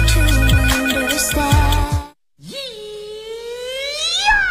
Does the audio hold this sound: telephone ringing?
yes